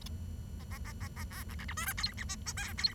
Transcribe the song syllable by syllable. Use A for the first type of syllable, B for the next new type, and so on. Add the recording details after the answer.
A A A A A B C C D E F G H I J K G. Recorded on 23 June 2012 at 08:30. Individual gr41rd51